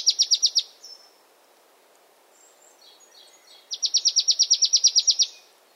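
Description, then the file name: Marsh tit calls: a short run of rapid, high repeated notes, a quiet gap with thin faint notes, then a longer even rattle of the same notes. "Poecile palustris"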